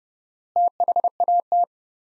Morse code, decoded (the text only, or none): THAT